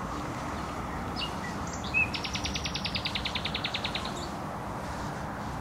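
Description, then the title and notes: Nightingale produces a fast series of many clicking notes after a single bright whistle, set against a constant low traffic hum. Singing in bushes close to a noisy motorway, Bródno-Podgrodzie, Warsaw, Poland; recorded on an Olympus LS-11. "Bródno-Podgrodzie, Warszawa, Polska - Trasa Toruńska Nightingale. Recording nightingale singing in bushes close to noisy motorway"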